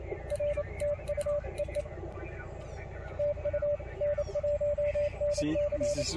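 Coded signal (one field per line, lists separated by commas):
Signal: Morse code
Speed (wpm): 29 wpm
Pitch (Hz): 580 Hz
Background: speech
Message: R TU EE TU N1NC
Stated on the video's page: Morse sent by an operator working CW during Field Day 2023.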